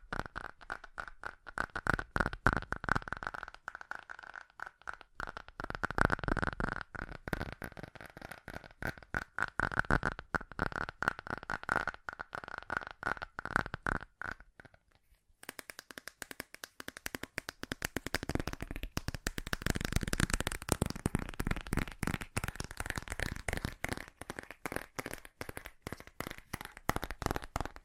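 Fast tapping runs through the whole clip as dense, sharp clicks in quick, uneven bursts. For the first fifteen seconds a steady mid-pitched ring hums underneath. After that the taps turn brighter and crisper, and the ring fades.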